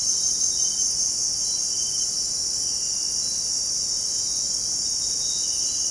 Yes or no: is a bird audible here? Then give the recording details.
no. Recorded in dense forest near Puerto Asís, Putumayo, Colombia, on 22 June 2025 at 18:00. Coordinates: 0.499, -76.324. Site G100